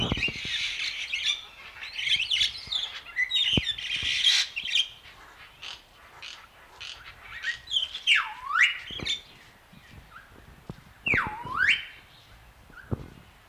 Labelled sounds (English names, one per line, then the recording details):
Crested Myna song
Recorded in captivity
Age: adult
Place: Zoo Berlin, Berlin, DE
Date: 1997-12-30 10:14
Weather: fair, 3°C
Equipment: Marantz CP 130, Sony F-V9, Kopie Uher 4000 Report Monitor
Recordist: Tembrock, Günter